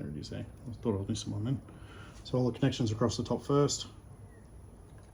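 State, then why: Not seated. Someone talks while handling the wiring connectors across the top of a Lowrance Ghost trolling motor head, reconnecting them after a bearing and shaft seal change. No connector has seated or clicked in yet.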